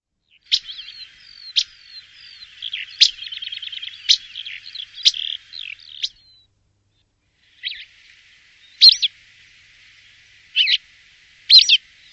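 Bird calls, a run of sharp chirps and rapid trilled notes for six seconds, a pause, then four separate harsh chirps, on a quiet background.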